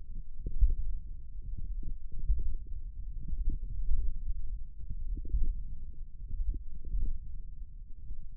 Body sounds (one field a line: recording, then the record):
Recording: forearm muscle sounds (acoustic myography)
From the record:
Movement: hook grip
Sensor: system 1, eight BSWA MPA416 microphones around the upper forearm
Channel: 5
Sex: female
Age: 20 years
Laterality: right